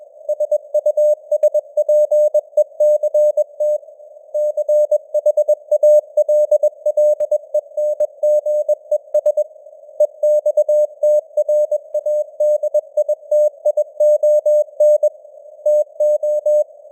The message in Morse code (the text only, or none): SUSPECT CHALLENGES EXTRADITION TO